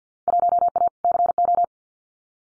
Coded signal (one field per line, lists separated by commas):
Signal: Morse code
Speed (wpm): 50 wpm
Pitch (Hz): 700 Hz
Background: none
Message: 1A CO